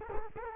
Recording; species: mosquito wingbeat signal from an infrared sensor; Culex quinquefasciatus